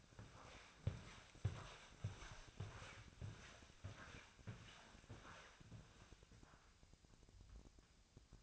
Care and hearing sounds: daily activity, microphone in the room; walk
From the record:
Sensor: 2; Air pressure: 1000.3 hPa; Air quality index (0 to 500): 166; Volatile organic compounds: 3 ppm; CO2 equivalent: 1388 ppm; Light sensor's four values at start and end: 13/36/14/16 and 14/38/15/17

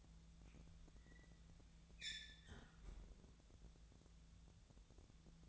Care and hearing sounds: daily activity, microphone in the room; close fridge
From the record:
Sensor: 3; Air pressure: 1000.1 hPa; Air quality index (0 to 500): 132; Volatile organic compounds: 2 ppm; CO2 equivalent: 1176 ppm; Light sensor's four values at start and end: 43/110/46/51 and 43/110/47/51

